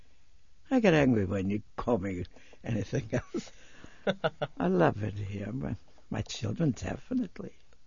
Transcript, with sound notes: I get angry when you call me anything else. (they laugh) I love it here. My children, definitely.